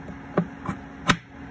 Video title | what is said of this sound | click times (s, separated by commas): 2021 Yamaha AR190 Jet Boat Full Walkthrough-And It Does Fit In A Standard Size Garage! | clicks back into place that's | 1.1 s